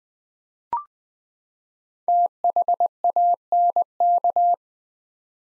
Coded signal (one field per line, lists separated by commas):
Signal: Morse code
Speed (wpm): 21 wpm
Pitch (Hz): 700 Hz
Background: none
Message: THANK